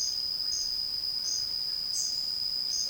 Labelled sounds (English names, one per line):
none